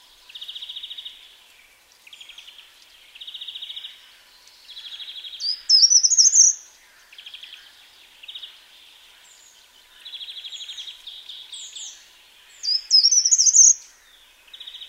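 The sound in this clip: Short-toed treecreeper: two loud, brief phrases of high, thin notes, with quieter buzzy trills repeated steadily in between.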